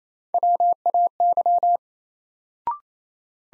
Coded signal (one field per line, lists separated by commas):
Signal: Morse code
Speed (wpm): 27 wpm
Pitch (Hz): 700 Hz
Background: none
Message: WAY